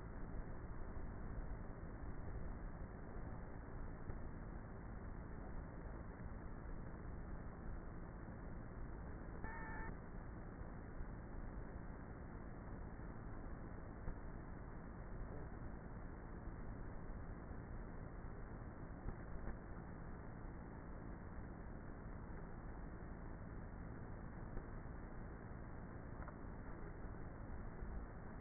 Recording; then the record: honeybee colony, microphone inside the hive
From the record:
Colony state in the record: queenless with a low population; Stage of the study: before two queens were removed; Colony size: about 30,000 bees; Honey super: no